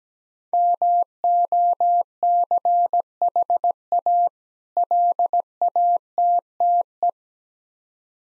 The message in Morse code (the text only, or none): MOCHA LATTE